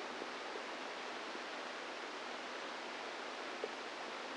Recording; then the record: brain microelectrode recording played as sound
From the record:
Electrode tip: inside the subthalamic nucleus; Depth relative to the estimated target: 1 mm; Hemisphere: right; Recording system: NeuroSet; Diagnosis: Parkinson's disease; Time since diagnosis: 10 years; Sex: female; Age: 45 years